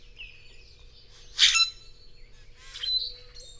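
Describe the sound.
Bird calling: a faint high note, then two loud bursts of bright, buzzy chirps, on a quiet background with a low hum.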